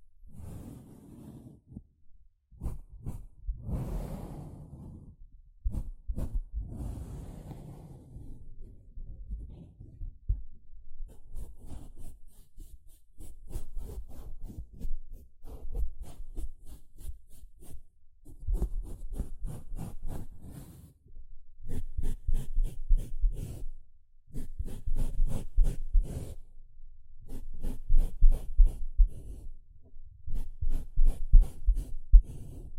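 A sponge is worked by hand in a series of handling sounds. The first ten seconds bring soft, low squishes and rubs with pauses between them. After that comes dense, quick, regular scratching or brushing in bursts of a few seconds each, with brief gaps between bursts.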